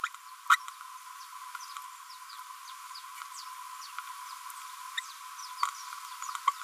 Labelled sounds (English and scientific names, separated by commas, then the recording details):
Green-rumped Parrotlet (Forpus passerinus) babbling
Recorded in a nest box in Venezuela
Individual 18B25A5